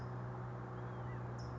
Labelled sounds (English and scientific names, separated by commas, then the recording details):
California Towhee (Melozone crissalis)
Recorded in Sonoma County, California